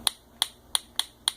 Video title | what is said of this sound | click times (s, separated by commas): I won at the JH Purse Auction 2017 | you should hear a click when you turn it back quarter turn hear that when you click it to that open point | 0.1 s, 0.4 s, 0.8 s, 1.0 s, 1.3 s